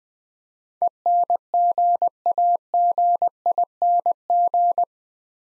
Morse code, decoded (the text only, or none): ENGAGING